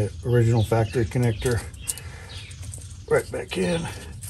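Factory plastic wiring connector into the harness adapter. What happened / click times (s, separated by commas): Connector handled, not yet seated / none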